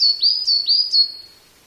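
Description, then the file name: Coal tit singing three quick, high repeated phrases, each a sharp downslur joined to a sweeping upward whistle, fading out at the end. "higara"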